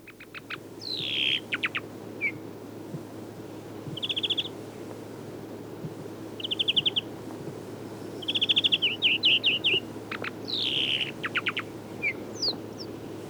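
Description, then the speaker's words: European Greenfinch song: bursts of fast twittering trills and chirps mixed with slurred falling notes, separated by short pauses. Early spring singer in parks, partial migrant; song made of several motifs the singer combines; usually sings high in a treetop. "Viherpeippo on myös aikaisia laulajia. Sen laulu muodostuu useasta aiheesta, joita sitten laulaja yhdistelee."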